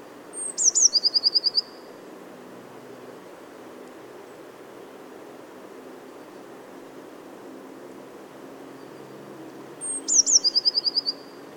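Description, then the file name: Eurasian blue tit song heard twice about nine seconds apart: sharp high notes running into a quick trill, with quiet background hiss between phrases. "Cyanistes caeruleus"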